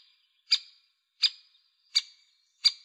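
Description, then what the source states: Great spotted woodpecker calls: four sharp, high 'kik' notes evenly spaced about every 0.7 seconds, each short and clipped. Recorded in Slovenia.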